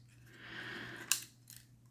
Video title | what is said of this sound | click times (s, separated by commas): Meshtastic BASE CASE Assembly Instructions | try not to force it and you'll hear a little click when that goes into place | 1.1 s